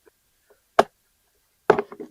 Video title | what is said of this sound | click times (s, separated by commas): ZMTECH 10 Inch Self Watering Plant Pots Review - Worth Buying?Link in description 👇 | And just like that, it snaps into place. | 0.8 s, 1.7 s